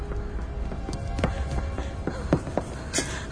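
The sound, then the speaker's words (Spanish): A young woman's quick running footsteps patter across a ship's wooden deck, a loose series of sharp knocks over a steady low rumble, with no one speaking. “Oye a Rose pasar corriendo y se incorpora.”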